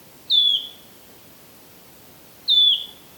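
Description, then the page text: Wood warbler giving two clear, whistled notes that slide downward, spaced about two seconds apart, over faint background hiss. "Bøksanger (Phylloscopus sibilatrix) - Miljolare.no. Frode Falkenberg"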